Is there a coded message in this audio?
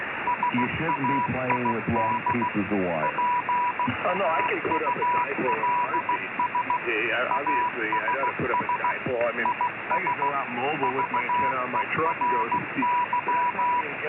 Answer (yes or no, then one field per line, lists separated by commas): yes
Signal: Morse code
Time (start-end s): 0.3-13.8 s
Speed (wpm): 16 wpm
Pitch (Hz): 980 Hz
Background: speech, radio noise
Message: SAID P TULS ASS IS VERY